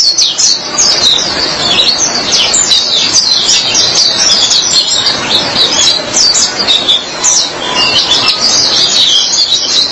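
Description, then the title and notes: White-eye song, a dense, sprightly flow of very high chirping notes that keeps going throughout. "Suara kicauan burung pleci"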